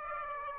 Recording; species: mosquito wingbeat signal from an infrared sensor; Aedes aegypti